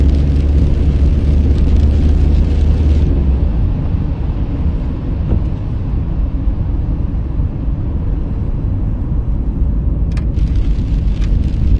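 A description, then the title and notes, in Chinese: A car drives along a country road in the rain, its low engine and road rumble steady throughout. Brighter hiss and patter fill the first three seconds, fade away, then return in short bursts near ten seconds and again toward the end. 雨中行驶在异国他乡的乡间小路上。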